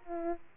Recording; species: mosquito wingbeat signal from an infrared sensor; Aedes aegypti